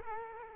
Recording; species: mosquito wingbeat signal from an infrared sensor; Culex quinquefasciatus